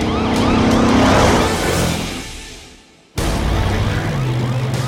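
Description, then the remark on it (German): Wailing police sirens rise and fall over a roaring engine as a police car and a police quad race off together, the noise fading briefly before a second loud burst of siren and motor cuts back in. “Genauso wie Ryder, der auf einem Polizeiquad saß. Und gemeinsam rasten sie los.”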